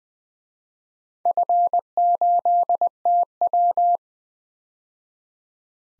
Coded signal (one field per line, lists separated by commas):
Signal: Morse code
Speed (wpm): 20 wpm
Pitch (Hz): 700 Hz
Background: none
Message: F8TW